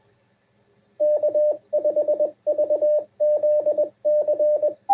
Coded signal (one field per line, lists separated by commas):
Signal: Morse code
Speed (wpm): 20 wpm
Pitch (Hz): 600 Hz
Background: radio noise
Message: K5VZC